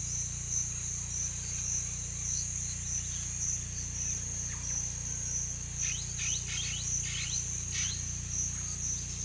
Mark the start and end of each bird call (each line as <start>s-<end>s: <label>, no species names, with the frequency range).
5.67s-8.12s: bird call (1.5-6.5 kHz)